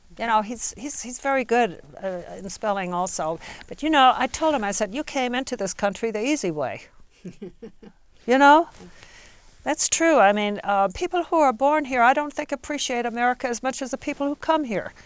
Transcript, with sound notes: You know, he's very good in spelling also, but, you know, I tell him, I said, "You came into this country the easy way. (laughs) You know, that's true, I mean, people who are born here, I don't think appreciate America as much as the people who come here